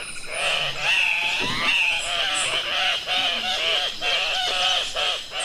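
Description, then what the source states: Andean Cock-of-the-Rock lek calls: a series of harsh, nasal, squealing notes that arch up and down, over a rasping background. Groups of males at leks in Andean cloud forests during mating season scream, grunt, flap wings, bob heads and clack bills in mock fights; sound likened to a chainsaw crossed with a squealing pig.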